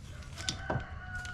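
A new wiper blade adapter on a 2014-2018 Subaru Forester is rotated back into the slot on the wiper arm hook and snaps onto the wiper arm with a sharp click at 0.5 s. Softer taps come just before and after. The blade is seated and confirmed on.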